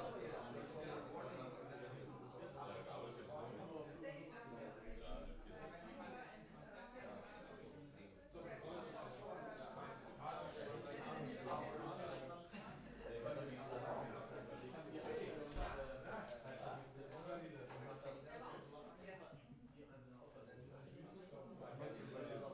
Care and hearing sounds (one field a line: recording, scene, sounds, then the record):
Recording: everyday scene through a hearing-aid microphone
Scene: many people talking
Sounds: many voices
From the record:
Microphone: behind the ear, left, rear